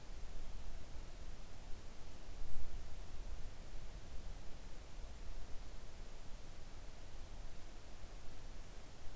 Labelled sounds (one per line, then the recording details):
near silence
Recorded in the Arctic National Wildlife Refuge, Alaska, on 3 August 2019 at 05:24
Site 41